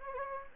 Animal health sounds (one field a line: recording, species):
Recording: mosquito wingbeat signal from an infrared sensor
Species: Anopheles gambiae